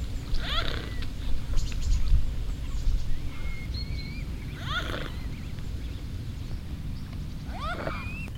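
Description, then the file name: Swan calls: three brief harmonic calls spaced a few seconds apart, over a constant low rumble with faint high bird whistles between them. Recorded at Lake Constance. "Schwaene Bodensee"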